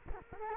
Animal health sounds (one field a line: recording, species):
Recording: mosquito wingbeat signal from an infrared sensor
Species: Culex quinquefasciatus